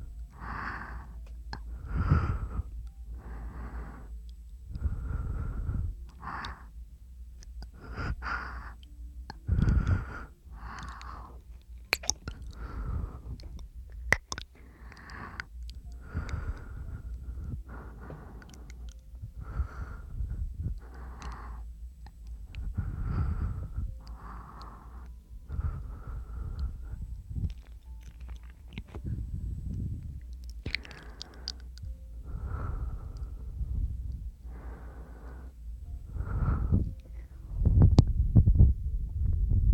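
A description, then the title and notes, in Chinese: Breathing fills the whole stretch: short, airy breaths repeat in a fairly steady rhythm, about one every two seconds, with a soft low rumble under each. A few faint clicks land near the middle, and the breaths grow heavier toward the end. 纯呼吸声asmr。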